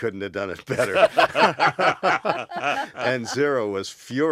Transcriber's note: soundbite of laughter